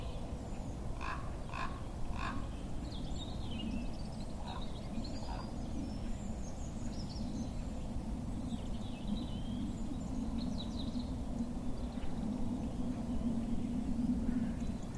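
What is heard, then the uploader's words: Ravens call over winter farmland, giving three quick kronks in the first two seconds and two more around the five-second mark. A steady low rumble runs underneath throughout, while faint, thin bird chirps flicker on and off in the background. Ravens call over the stark winter landscape of farmland in deeply rural Monmouthshire.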